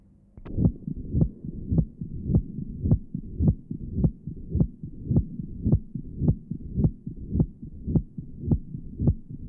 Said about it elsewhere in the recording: Tight mitral stenosis, recording taken from mitral area. The murmur you hear is a diastolic murmur. Note the loud first sound and the opening snap following the second sound.